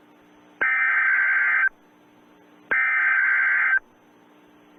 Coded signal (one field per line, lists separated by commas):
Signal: Emergency Alert System (SAME) tones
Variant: header bursts